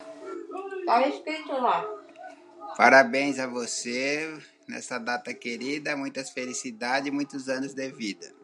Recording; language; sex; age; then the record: short text; Brazilian Portuguese; male; 50 to 59 years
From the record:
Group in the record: control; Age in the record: 53 years